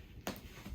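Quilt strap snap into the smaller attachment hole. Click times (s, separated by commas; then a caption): 0.3 s. A Katabatic Flex 22 sleeping quilt's pad-attachment strap snap is moved to the smaller hole and pressed in with fingers, giving a sharp snap at 0.3 s over faint shuffling. The snap locks into place so the strap no longer slides.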